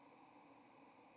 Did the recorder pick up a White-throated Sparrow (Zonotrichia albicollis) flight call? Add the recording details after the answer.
no. Another species' flight call is heard. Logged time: 08:14 on 30 October 2014